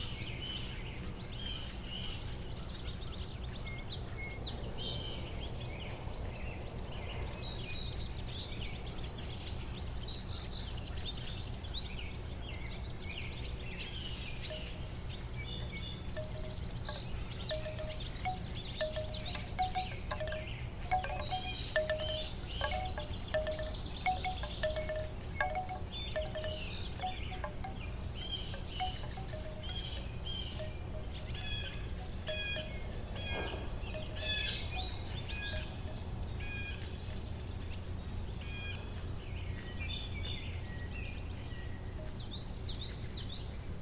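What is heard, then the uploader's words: Bamboo chimes clack in soft, hollow clusters on a summer day in the Midwest, busiest from about 15 to 35 seconds. Bird chirps flick in and out above them, while a steady low rumble runs underneath throughout, and the overall level stays even. A Summer Day in the Midwest with Hummingbirds & Bamboo Chimes. The cheerful hum of hummingbirds flitting from flower to flower, their tiny wings creating a delicate melody. The bamboo chimes hanging on the porch sway gently in the breeze, producing a soothing, rhythmic tinkling that blends seamlessly with the natural orchestra.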